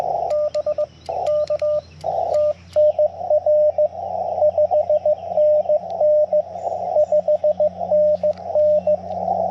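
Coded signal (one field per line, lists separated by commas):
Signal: Morse code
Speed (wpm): 18 wpm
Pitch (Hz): 590 Hz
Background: radio noise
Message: BK TNR 5NN 5NN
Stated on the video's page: CW POTA park activation on a backpack Yaesu FT-891 with a 17 ft vertical antenna and BaMaKeY TP-III key; steady stream of 35 contacts in 40 minutes.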